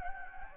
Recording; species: mosquito wingbeat signal from an infrared sensor; Anopheles gambiae